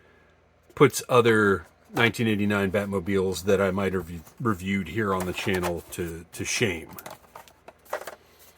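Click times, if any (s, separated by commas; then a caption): none. Someone talks while handling a plastic side piece being fitted onto the body of a 1/18 scale 1989 Batmobile toy car, a piece held in place by friction rather than a snap. Only a few faint handling taps are heard near the end, around 7.4, 7.9 and 8.1 seconds. Nothing has seated or clicked yet.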